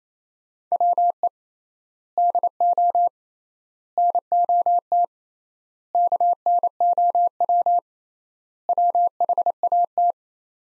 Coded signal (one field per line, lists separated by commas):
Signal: Morse code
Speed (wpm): 27 wpm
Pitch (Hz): 700 Hz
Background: none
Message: WE DO NOT KNOW WHAT